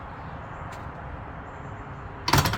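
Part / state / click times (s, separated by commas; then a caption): door latch into its strike/frame / seated / 2.3 s. A newly installed, smooth-running door or sliding panel in a home is pushed shut over a steady low background hum, and its latch clicks home into the strike/frame at 2.3 s and again at 2.3 s. The latch is seated and the door is shut.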